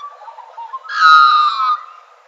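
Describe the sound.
Australian magpie note: a soft low warble swelling into one loud, rich, slightly descending fluted call that fades away.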